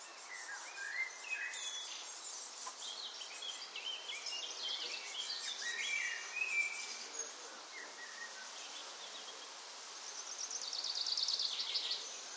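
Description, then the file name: Birds calling with many short, high chirps and twitters, scattered and overlapping, some clustered in quick bursts, over a steady background hiss. Recorded on a balcony during a thunderstorm, June 7 2011. "June 7 2011 birds balcony clean With Thunderstorm"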